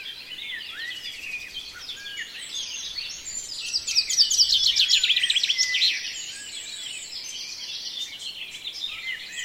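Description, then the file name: Birds in a dawn chorus: a constant tangle of high chirps and warbles, rising into a loud run of quick repeated notes for a couple of seconds. "Reveil des oiseaux La Sonotheque"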